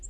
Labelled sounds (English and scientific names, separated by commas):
Townsend's Warbler (Setophaga townsendi) flight call